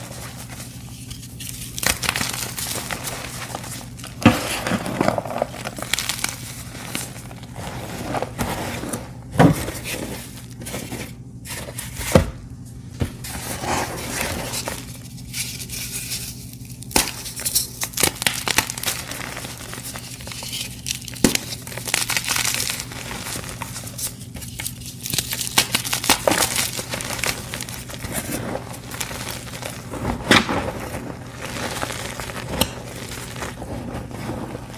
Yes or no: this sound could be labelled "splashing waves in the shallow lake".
no